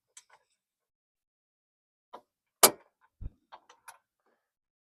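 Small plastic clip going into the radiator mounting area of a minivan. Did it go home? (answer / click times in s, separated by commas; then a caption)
no / none. During radiator reinstallation on a 2014 Chrysler Country and Country minivan, a small plastic clip is pushed into the radiator mounting area several times. Short, sharp plastic taps and knocks are heard, with the loudest near 2.6 s and a low thud around 3.2 s. The clip never clicks in, and nothing has seated.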